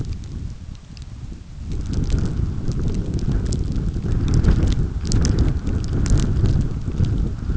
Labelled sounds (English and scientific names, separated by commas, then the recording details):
none
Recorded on Arctic tundra, site UTQI-5, on 29 June 2018
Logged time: 02:00